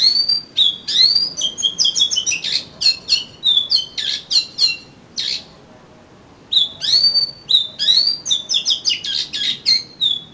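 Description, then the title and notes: Oriental magpie-robin song: rapid, loud strings of whistled and harsh notes, a brief silent gap, then another energetic run of varied phrases. "suara kacer. kumpulan suara burung kacer"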